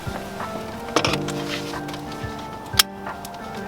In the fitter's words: hear that click that means it's is Bueno